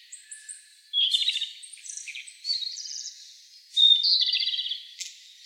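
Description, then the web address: Japanese robin song of high, fast rattling trills, the phrases shifting in pitch and following one another closely, the loudest near the end. Recorded 13 April 2016. "birdenaga komadori"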